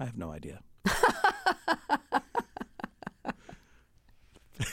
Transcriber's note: laughter